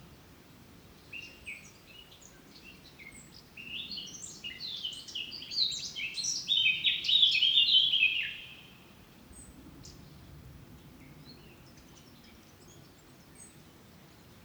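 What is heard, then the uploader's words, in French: A blackcap sings, its bright, rapid warbling phrases building from about four seconds to a loud, dense peak between six and eight seconds, then stopping abruptly. Fainter scattered chirps appear before and after, over a steady low rumble of background noise. Une fauvette dans les gorges. Gorges Chandel - Mixpr3 - mkh8020 - stéréo. L'Echo du lieu est magnifique pour accueillir le chant de la Fauvette à tête noire.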